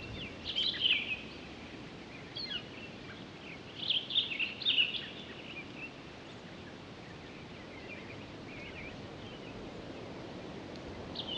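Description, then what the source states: Townsend's solitaire giving short bursts of bright, jumbled warbling notes, separated by quiet gaps of a second or more, with a faint background hiss. Recorded 23 October 2011.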